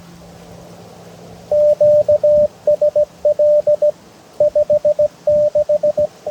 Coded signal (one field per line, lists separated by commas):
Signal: Morse code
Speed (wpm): 18 wpm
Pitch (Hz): 590 Hz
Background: radio noise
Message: QSL 56